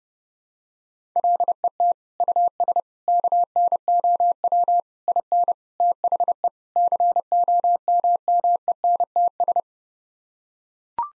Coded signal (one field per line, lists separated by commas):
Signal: Morse code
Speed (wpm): 30 wpm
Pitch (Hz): 700 Hz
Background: none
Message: LET US KNOW IN THE COMMENTS